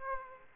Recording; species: mosquito wingbeat signal from an infrared sensor; Aedes aegypti